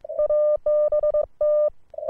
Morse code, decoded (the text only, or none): ABT